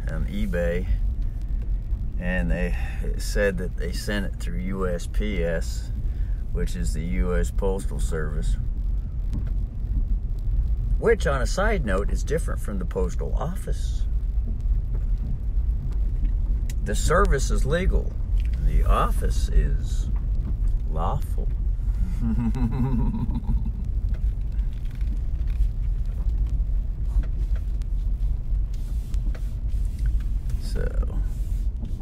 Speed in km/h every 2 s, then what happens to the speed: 6, 6, 7, 6, 7, 7, 7, 7, 5, 7, 7, 8, 7, 7, 6, 5.
0-32 steady at about 7.